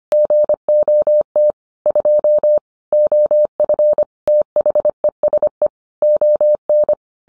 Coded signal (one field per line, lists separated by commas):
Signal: Morse code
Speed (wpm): 25 wpm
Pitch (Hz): 600 Hz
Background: none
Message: GOT 2 OF THESE ON